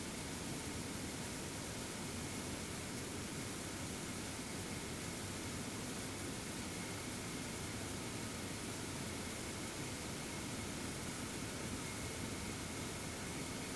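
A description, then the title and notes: A satellite undergoes acoustic testing inside a large chamber, blasted by an intense, unbroken roar that fills everything from deep rumble to bright hiss. The level holds perfectly steady for the whole stretch, with a faint high whistle running through it. ESA ESTEC Test Centre Sounds: CHEOPS space telescope acoustic testing (Mic 1). The majority of ESA spacecraft and satellites are tested at the ESA ESTEC Test Centre in Noordwijk, the Netherlands. This is the sound of ESA's CHEOPS - CHaracterising ExOPlanet Satellite - being tested in the Large European Acoustic Facility (LEAF).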